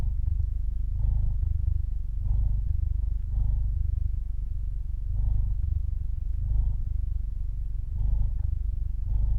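Cat purring, a steady low rumble that swells and eases in slow cycles, with a faint brighter buzz returning about every second or two.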